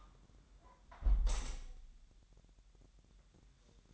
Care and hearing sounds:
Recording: daily activity, microphone in the room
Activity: close window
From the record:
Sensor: 3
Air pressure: 1000.4 hPa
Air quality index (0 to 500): 248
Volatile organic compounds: 171 ppm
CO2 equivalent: 4108 ppm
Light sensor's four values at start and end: 10/24/10/10 and 10/23/9/9

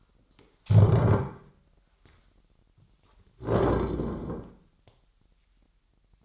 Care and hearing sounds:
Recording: daily activity, microphone in the room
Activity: stand up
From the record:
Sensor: 3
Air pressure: 998.4 hPa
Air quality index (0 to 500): 129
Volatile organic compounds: 4 ppm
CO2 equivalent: 1538 ppm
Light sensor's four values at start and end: 10/23/9/10 and 16/33/15/18

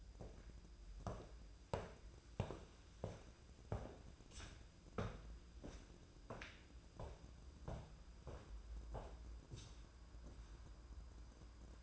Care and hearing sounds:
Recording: daily activity, microphone in the room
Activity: walk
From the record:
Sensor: 2

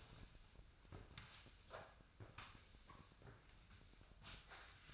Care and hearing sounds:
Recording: daily activity, microphone in the room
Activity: sweep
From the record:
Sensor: 2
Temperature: 24.0 degrees Celsius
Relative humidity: 35.5%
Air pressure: 1004.6 hPa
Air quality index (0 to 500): 91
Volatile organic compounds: 2 ppm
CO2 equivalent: 1097 ppm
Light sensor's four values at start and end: 6/8/5/5 and 6/15/6/6

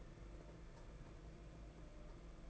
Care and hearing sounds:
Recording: daily activity, microphone in the room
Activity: take from stove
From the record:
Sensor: 5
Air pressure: 992.2 hPa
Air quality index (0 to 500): 210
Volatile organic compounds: 1000 ppm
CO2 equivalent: 6098 ppm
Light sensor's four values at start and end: 5/14/5/6 and 6/14/5/6

